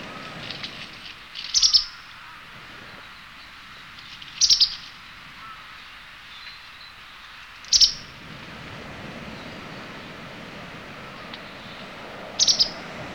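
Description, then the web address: White wagtail calls: four sharp, high, clipped double notes spaced a few seconds apart. Recorded on 11 May 2018. "chikushishou bird watching club 2018 5 11 hakusekirei"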